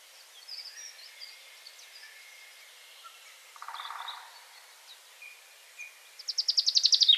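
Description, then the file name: Common chaffinch song: a loud, fast trill of repeated high notes begins near the end and is cut off, after fainter chirps and a brief lower trill. "Fringilla coelebs"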